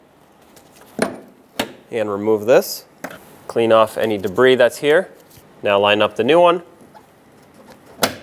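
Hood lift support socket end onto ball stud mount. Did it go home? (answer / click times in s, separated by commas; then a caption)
yes / 8.0 s. Someone talks while lining up a new hood lift support (gas strut) on a 2010-2017 Chevrolet Equinox, with sharp knocks at 1.0 s and 1.6 s. The socket end is pressed onto the ball stud on the hood or body, and a crisp snap at 8.0 s marks the metal retaining clip snapping over, seating the strut so it is confirmed replaced.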